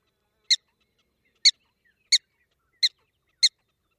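Black-tailed prairie dog alarm barks, five sharp, squeaky chirps spaced roughly every half second to one second against silence.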